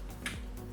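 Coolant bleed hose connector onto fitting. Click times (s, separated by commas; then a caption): 0.3 s. A small coolant bleed hose connector on a Porsche 911 is pushed onto its fitting under the heater hoses and snaps home with a sharp click at 0.3 s, followed by a fainter sound at 0.6 s. The connector is confirmed seated.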